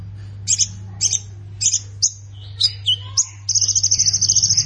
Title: Ciblek Sawah